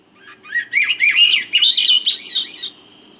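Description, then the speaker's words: Swainson's thrush song, a rapid run of fluty, warbling phrases that climb steadily in pitch over about two seconds, ending high and thin. Full song given at dusk, about a week after returning to nest in western woods or northern states and Canada; song spirals upward. "About a week later, generally at dusk, they break into full song."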